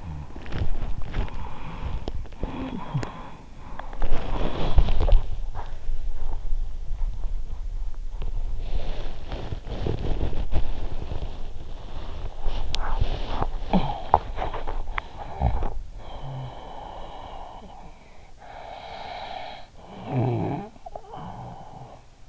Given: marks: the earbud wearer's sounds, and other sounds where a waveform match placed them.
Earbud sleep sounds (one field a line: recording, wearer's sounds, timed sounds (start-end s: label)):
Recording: sounds in sleep by an in-ear microphone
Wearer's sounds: body movement, breath, snoring breath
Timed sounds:
0.00-5.23 s: body movement
8.53-15.87 s: body movement
15.87-19.71 s: breath
19.71-22.10 s: snoring breath